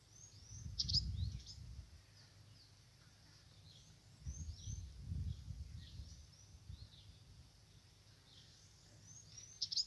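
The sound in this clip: Birds chirping: short, high, thin chirps in scattered clusters throughout, over a steady low rumbling noise that swells in bursts.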